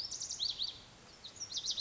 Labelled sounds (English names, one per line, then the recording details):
Lazuli Bunting
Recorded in Sonoma County, California